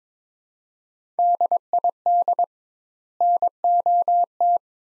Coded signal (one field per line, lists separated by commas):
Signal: Morse code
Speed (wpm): 22 wpm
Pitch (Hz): 700 Hz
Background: none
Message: DID NOT